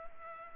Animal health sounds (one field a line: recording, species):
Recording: mosquito wingbeat signal from an infrared sensor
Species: Culex pipiens